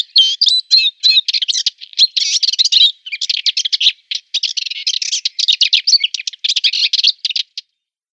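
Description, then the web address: Subalpine warbler singing a rapid, scratchy warble mixed with thin whistled notes, delivered in quick bursts with short breaks near three and four seconds, ending in silence. "Schulze Peter Subalpine Warbler song"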